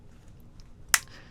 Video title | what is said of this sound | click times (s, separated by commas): Dishwasher H2O Error? Don't Call a Technician Yet | See, it snaps into place. See, I missed one. | 0.9 s